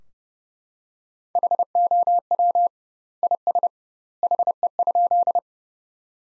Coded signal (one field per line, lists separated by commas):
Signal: Morse code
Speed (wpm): 32 wpm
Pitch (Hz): 700 Hz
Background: none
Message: HOW IS HE?